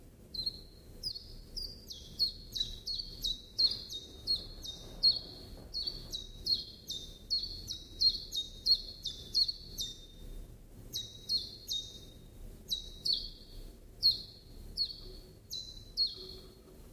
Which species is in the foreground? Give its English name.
Common Chiffchaff